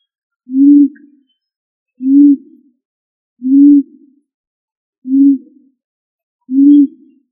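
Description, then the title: Pigeon cooing, a low soft hooting note repeated about every one and a half seconds, five coos in an otherwise silent background. "LuckyFamilia ColumbidaePombaSama"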